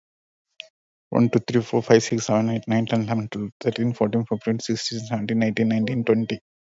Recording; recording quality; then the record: counting at a fast pace; excellent, no background noise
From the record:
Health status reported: recovered from COVID-19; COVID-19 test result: negative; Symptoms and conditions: cough, cold, breathing difficulty, fever, hypertension, diabetes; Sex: male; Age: 53 years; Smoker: not ticked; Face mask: not worn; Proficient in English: yes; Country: India